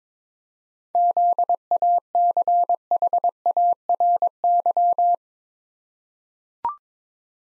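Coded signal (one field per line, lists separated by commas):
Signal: Morse code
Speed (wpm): 22 wpm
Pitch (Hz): 700 Hz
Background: none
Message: ZACHARY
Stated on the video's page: Morse head-copy practice at 22 wpm of common USA names, each sent, spoken, then sent again.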